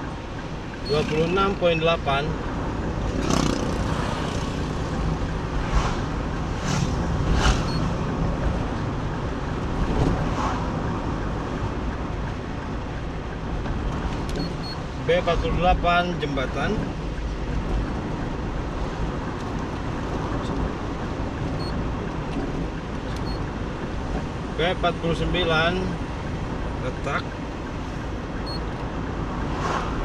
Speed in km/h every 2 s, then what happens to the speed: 52, 53, 53, 53, 53, 53, 53, 53, 53, 52, 52, 52, 52, 52, 52.
0-30 steady at about 53.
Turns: none.